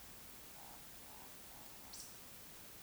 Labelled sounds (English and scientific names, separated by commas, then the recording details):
Eurasian Woodcock (Scolopax rusticola) croak
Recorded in Baden-Württemberg, Germany, on 2 June 2020 at 20:04 UTC
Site 46190, 1214 m above sea level